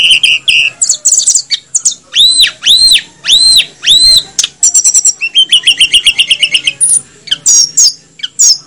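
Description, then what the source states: Snowy-browed flycatcher song: four arched, rising-then-falling whistles, followed by fast repeated ticking notes and a rapid trilled series ending in high squeaks. Training song (masteran) for cage birds.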